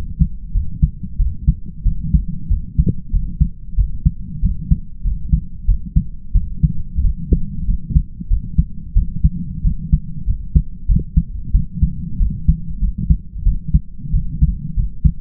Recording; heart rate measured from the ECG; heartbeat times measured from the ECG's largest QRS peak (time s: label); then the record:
heart sounds by stethoscope; 93 bpm
0.52 s: heartbeat
1.17 s: heartbeat
1.84 s: heartbeat
2.49 s: heartbeat
3.11 s: heartbeat
3.76 s: heartbeat
4.41 s: heartbeat
5.03 s: heartbeat
5.66 s: heartbeat
6.33 s: heartbeat
7.02 s: heartbeat
7.66 s: heartbeat
8.28 s: heartbeat
8.94 s: heartbeat
9.62 s: heartbeat
10.25 s: heartbeat
10.87 s: heartbeat
11.52 s: heartbeat
12.18 s: heartbeat
12.80 s: heartbeat
13.44 s: heartbeat
14.11 s: heartbeat
14.75 s: heartbeat
From the record:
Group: healthy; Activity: light exercise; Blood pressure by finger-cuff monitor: 119/61 mmHg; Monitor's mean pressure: 75 mmHg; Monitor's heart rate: 94 bpm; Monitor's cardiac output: 7.3 L/min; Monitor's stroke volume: 78 mL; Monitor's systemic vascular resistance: 730 dyn s/cm5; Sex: male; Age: 20 years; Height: 167 cm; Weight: 61 kg